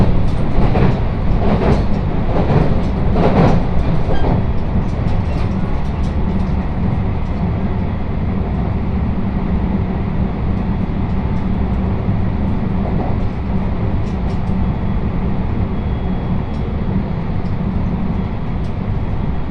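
Train ride on the Sanyo and Ako lines, a steady low rumble with rattling clicks in the first six seconds, then smoother running.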